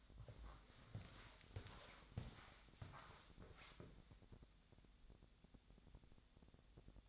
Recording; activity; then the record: daily activity, microphone in the room; walk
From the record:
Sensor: 3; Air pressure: 1000.5 hPa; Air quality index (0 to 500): 162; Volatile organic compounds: 3 ppm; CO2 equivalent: 1412 ppm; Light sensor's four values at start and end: 15/40/16/17 and 16/41/16/18